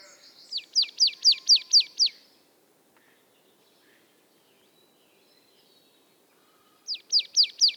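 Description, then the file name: Marsh Tit with a fast run of several bright, falling notes, then a long pause before another similar series begins at the end. "Poecile palustris"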